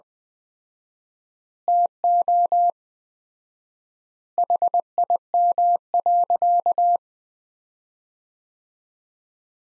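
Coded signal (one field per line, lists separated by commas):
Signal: Morse code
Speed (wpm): 20 wpm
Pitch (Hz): 700 Hz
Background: none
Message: TO HIM.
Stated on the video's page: Morse practice sentences at 20 wpm with 4x standard word spacing, a word-level analogue of Farnsworth spacing.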